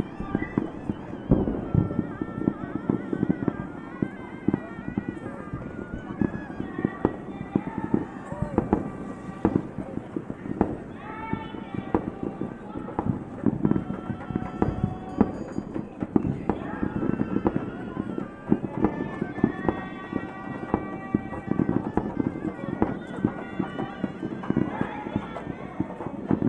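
A town festival with constant crowd chatter and singing voices, while fireworks pop and crack in frequent bursts throughout, especially in dense clusters.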